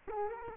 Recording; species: mosquito wingbeat signal from an infrared sensor; Culex quinquefasciatus